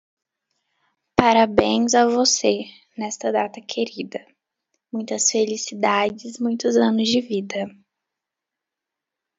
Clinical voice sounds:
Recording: short text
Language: Brazilian Portuguese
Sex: female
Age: 20 to 29 years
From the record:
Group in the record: control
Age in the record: 23 years

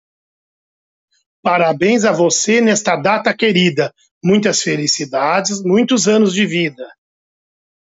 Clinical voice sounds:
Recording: short text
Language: Brazilian Portuguese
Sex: male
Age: 50 to 59 years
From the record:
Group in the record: control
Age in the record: 55 years

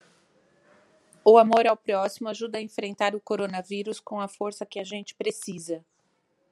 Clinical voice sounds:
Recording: spoken sentence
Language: Brazilian Portuguese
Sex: female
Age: 50 to 59 years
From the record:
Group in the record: control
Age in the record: 53 years

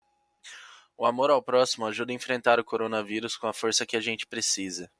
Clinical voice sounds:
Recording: spoken sentence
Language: Brazilian Portuguese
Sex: male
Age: 20 to 29 years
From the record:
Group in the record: control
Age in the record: 23 years

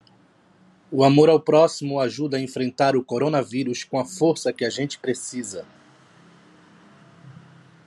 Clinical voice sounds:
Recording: spoken sentence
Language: Brazilian Portuguese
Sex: male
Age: 40 to 49 years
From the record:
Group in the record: control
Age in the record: 42 years

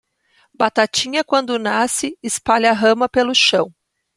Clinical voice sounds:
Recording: short text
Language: Brazilian Portuguese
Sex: female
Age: 40 to 49 years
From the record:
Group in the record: control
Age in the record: 41 years

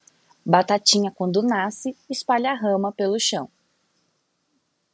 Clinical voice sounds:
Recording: short text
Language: Brazilian Portuguese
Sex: female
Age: 30 to 39 years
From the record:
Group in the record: control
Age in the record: 30 years

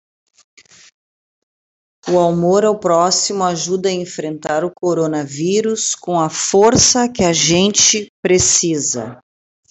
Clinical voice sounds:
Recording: spoken sentence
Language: Brazilian Portuguese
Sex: female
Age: 40 to 49 years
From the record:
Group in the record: control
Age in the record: 48 years

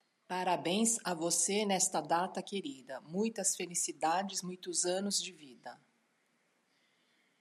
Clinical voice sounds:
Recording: short text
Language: Brazilian Portuguese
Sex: female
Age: 50 to 59 years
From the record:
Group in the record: control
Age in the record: 55 years

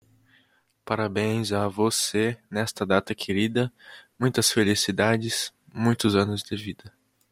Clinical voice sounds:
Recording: short text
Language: Brazilian Portuguese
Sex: male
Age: 20 to 29 years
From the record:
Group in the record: control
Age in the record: 21 years

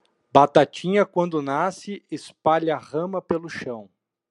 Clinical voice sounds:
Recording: short text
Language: Brazilian Portuguese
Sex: male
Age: 30 to 39 years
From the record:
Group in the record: control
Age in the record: 34 years

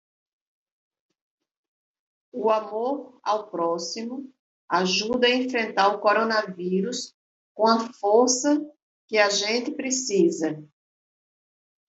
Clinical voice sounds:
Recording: spoken sentence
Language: Brazilian Portuguese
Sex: female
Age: 50 to 59 years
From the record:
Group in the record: control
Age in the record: 58 years

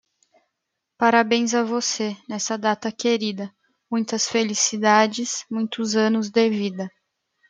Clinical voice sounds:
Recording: short text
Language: Brazilian Portuguese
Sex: female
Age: 20 to 29 years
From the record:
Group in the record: control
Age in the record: 27 years

